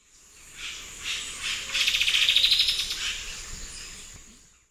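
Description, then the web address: Striped woodcreeper song, a fast rising trill of rapid notes peaking midway, over a steady high insect drone. Eastern lowlands of South America. "Natures Songs S America Eastern Lowlands. Striped Woodcreeper"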